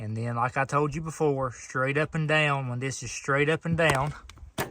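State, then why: Not seated. The plastic throttle/choke control lever, held in its mounting bracket on a Craftsman T210 lawn tractor, is handled while being moved straight up and down toward its full-throttle detent. Someone talks throughout, and a faint sharp tick is heard near 4.4 s. The lever has not yet locked into place, and nothing has seated or clicked.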